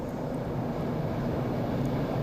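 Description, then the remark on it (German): A train rushes past behind a listener sitting by a riverbank on the Ardèche around 2 a.m., as a steady, deep rumbling roar with a broad hiss on top, holding an even loudness throughout without breaks or voices. “Hin und wieder rauschte in meinem Rücken ein Zug vorbei.”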